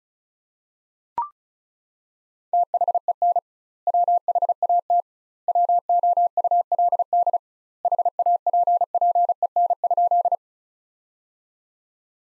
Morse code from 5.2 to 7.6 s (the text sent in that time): WOULD